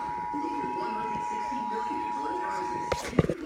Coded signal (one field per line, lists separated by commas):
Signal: Emergency Alert System (SAME) tones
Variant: 853 and 960 Hz attention tone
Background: speech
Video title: Flash Flood Warning EAS #59